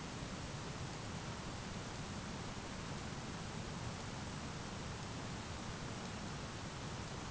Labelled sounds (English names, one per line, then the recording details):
none
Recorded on Arctic tundra, site ZACK-1, on 12 June 2019
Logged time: 05:49